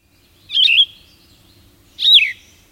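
Yellow-throated vireo song: two short, burry, slurred phrases about one and a half seconds apart.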